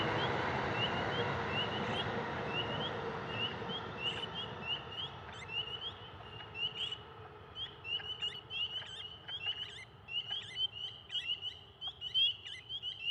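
Spring peepers call in a dense, steady chorus of high, repeated peeps that grow sharper and more frequent toward the end. Early on, a low, broad rumble like a passing train fills the background, then fades after about six seconds, leaving the frogs clearer.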